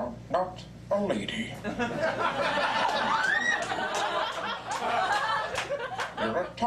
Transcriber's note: laughter